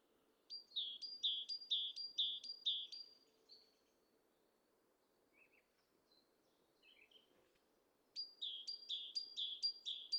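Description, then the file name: Great tit singing two bursts of quick, ringing high-low note pairs, separated by several quiet seconds with a few soft scattered chirps, over a faint low hum. "Parus major"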